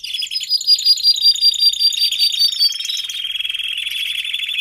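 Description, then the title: Domestic canary song, a long run of rapid trills and rolling notes high in pitch, shifting from a buzzy warble into steady fast-pulsed rolls. Male canary singing a lot; recording for training, to warm up young and Belgian canaries in 30 minutes. "Canary Training Esquente Seu Filhote E Canario Belga Em 30 Minutos Macho Cantando Muito"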